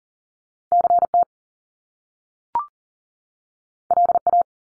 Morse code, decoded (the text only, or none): CT LA